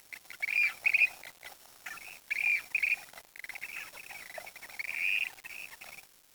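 Bird calls in irregular bursts: scratchy, squeaky notes clustered in quick groups, repeated roughly every second or two, with a quieter chatter between them.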